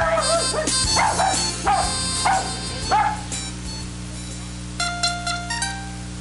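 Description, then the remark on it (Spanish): A small dog named Pipo, dressed as a vampire for the Day of the Dead, lets out a series of sharp, high-pitched barks and yips in an uneven rhythm, followed by a few short whiny tones, all over a steady low hum. “Los consejos del perrito Pipo.”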